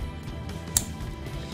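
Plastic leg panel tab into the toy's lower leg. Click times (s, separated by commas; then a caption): 0.8 s. A plastic leg panel tab on a Cybertronian Bumblebee TMT 01 transforming robot toy is pushed inward and worked by feel into the lower leg. Over a steady low background, a single sharp click sounds at 0.8 s as the tab latches into place and is seated.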